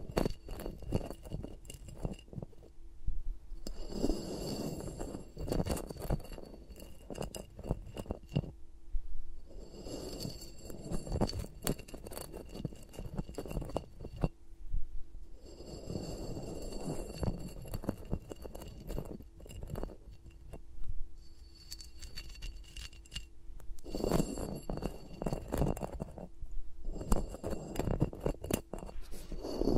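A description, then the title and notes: Fingers move around microphones with no talking, making soft rubbing, scratching and tapping sounds. The handling comes in dense bursts of a few seconds each, roughly every five to six seconds, separated by quieter stretches. A faint steady hum sits underneath throughout. ASMR with Mics Around My Fingers (No Talking).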